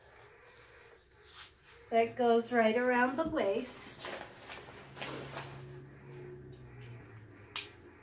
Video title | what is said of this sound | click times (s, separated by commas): Traveling With the SPOILED KIDS! (aka..dogs!) | it clicks right in | 7.6 s